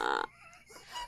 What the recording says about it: I lost the ability to burp. I would make these really awkward gurgling noises instead of burping. that sound would come out of my throat, even if my mouth was closed, for like 4 to 6 hours, maybe even longer. Like every like 10 to 15 minutes, like there would be one of those noises.